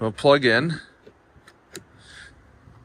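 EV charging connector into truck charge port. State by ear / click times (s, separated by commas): seated / 1.8 s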